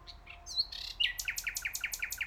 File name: Nightingale - Nachtigall